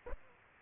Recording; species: mosquito wingbeat signal from an infrared sensor; Aedes aegypti